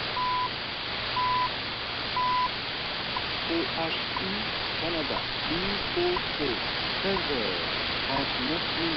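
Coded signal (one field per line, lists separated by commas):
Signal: radio time signal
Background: speech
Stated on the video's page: Shortwave time station signals such as WWV, WWVH, CHU, RWM and EBC.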